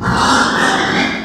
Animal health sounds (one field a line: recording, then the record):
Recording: squeal of a Yucatan mini pig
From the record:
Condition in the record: after surgery on the right vocal fold (resection and tissue-engineered implant)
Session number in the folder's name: 14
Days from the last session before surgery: 133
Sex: female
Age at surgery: 19 weeks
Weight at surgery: 25 kg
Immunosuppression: prednisolone